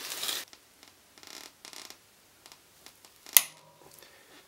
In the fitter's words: There's the click for the torque.